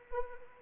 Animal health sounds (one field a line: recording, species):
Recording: mosquito wingbeat signal from an infrared sensor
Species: Anopheles arabiensis